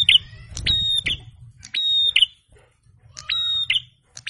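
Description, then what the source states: Prinia giving a few harsh buzzing notes separated by short pauses, with faint low knocking noise. Masteran training recording; red-headed prenjak (prinia) in full song (gacor), a pleasant song meant to make rival birds answer.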